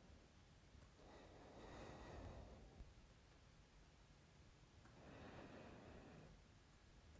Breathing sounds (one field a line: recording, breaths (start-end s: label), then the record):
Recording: nose breathing near a microphone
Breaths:
0.00-0.63 s: inhalation
0.63-2.97 s: exhalation
4.71-6.60 s: inhalation
From the record:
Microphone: phone